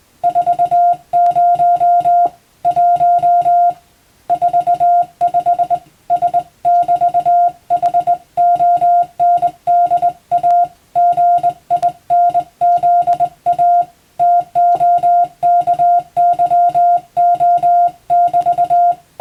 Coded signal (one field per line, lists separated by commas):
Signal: Morse code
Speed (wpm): 21 wpm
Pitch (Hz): 700 Hz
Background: music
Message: 40 1 45 S<BT>HONDA GINZA TOKYO<BT>